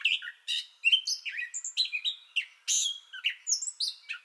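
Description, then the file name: Gray catbird song: clear slurred whistles mixed with scratchy notes in an irregular, chattering sequence. Song bout already in progress, recorded 30 May 2021. "2021-05-30 Gray Catbird Song Bout Already Going"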